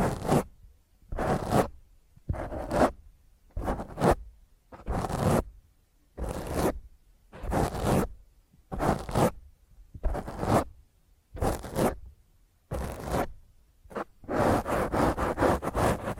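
Rough fingernail scratches rasp across a microphone in about a dozen harsh bursts, each roughly half a second, ending in faster, denser scraping.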